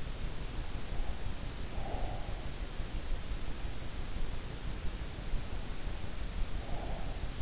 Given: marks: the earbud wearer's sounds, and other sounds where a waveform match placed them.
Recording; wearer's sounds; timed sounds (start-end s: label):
sounds in sleep by an in-ear microphone; breath
1.40-2.94 s: breath
6.21-7.42 s: breath